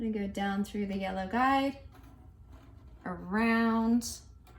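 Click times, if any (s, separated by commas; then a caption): none. Yellow looper thread is guided down through the yellow guide and around the tension guide of a Babylock coverstitch sewing machine, on its way to be drawn into the tension disc. Someone talks throughout, with only faint handling sounds between phrases. The thread has not yet clicked into the disc.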